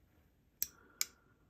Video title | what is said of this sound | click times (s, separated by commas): Eutsler DUKling Overview | Clicks into place very nicely. | 0.6 s, 1.0 s